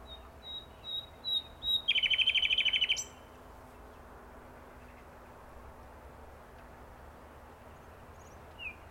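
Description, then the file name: Common nightingale song phrase: soft whistles followed by a rapid rattling trill lasting about a second, then near silence with faint hiss. "Luscinia megarhynchos"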